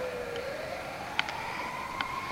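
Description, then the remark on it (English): An ambulance siren wails steadily as the ambulance passes through, its tone sliding gradually upward over a couple of seconds, with a couple of brief clicks or knocks cutting through; no one speaks. “Now, hold on, we got a little ambulance passing through here.”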